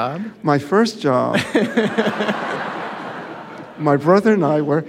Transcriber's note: laughter